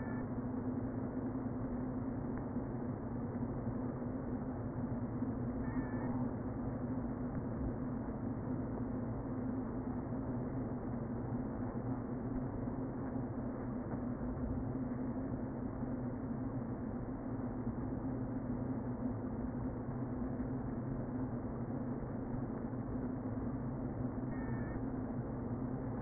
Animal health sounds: honeybee colony, microphone inside the hive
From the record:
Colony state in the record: queen present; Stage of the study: before two queens were removed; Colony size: about 60,000 bees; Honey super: yes

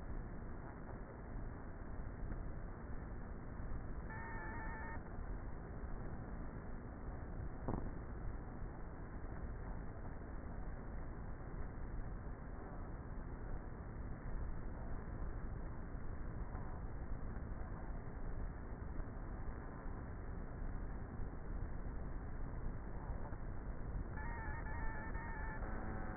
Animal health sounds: honeybee colony, microphone inside the hive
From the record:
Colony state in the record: queenless with a low population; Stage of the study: before two queens were removed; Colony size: about 30,000 bees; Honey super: no

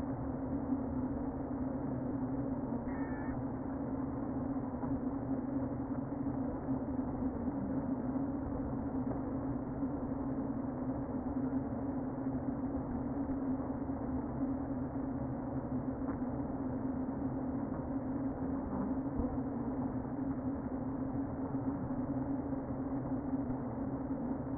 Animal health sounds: honeybee colony, microphone inside the hive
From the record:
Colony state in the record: queen present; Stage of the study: before two queens were removed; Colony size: about 60,000 bees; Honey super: yes

